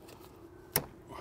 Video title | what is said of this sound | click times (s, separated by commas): Porsche 911 997 Radiator Replacement & Upgrade DIY (2005-2012 Porsche Carrera, S, 4S, Targa, GTS) | you'll feel it click give it a couple tugs shouldn't be going anywhere | 0.8 s